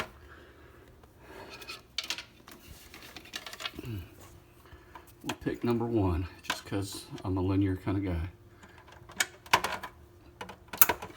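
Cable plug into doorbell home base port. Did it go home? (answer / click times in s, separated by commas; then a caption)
yes / 10.8 s. A cable plug is pushed into one of the ports on a doorbell home base while someone talks, with scattered light handling clicks along the way. The plastic latch snaps in at 10.8 seconds, a sharp click, and the plug is seated.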